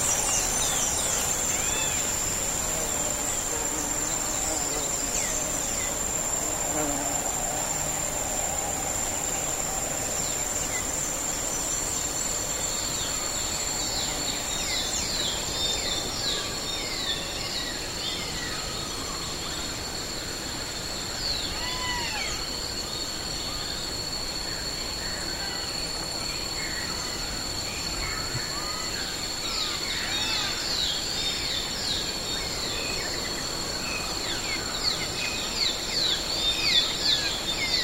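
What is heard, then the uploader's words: Many birds chirp and twitter over a jungle at sunrise, their calls coming in quick clusters, busiest after about twelve seconds and again near thirty. Two thin, steady high whines run through the whole recording, and a soft, constant rustle stays level underneath. The calming sounds of a jungle at sunrise. The soft chirping of birds and rustling of leaves.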